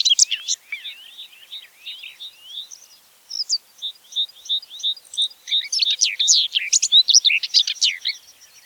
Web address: geluiden grasmus zang